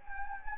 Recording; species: mosquito wingbeat signal from an infrared sensor; Anopheles gambiae